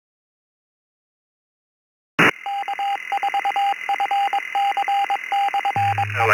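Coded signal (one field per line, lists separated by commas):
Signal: Morse code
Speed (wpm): 22 wpm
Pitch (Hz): 800 Hz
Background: none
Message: K4FC/E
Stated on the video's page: Morse heard while shortwave listening to a morning net on ECR.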